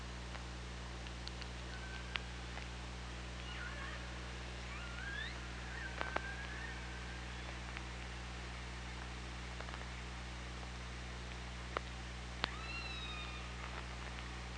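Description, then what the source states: Orca calls, several brief rising squeals and meow-like tonal cries spread throughout, with sharp clicks and constant low hydrophone hum beneath. Underwater OrcaLab hydrophone, 24 August 2017, at 15:59:40.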